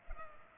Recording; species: mosquito wingbeat signal from an infrared sensor; Culex pipiens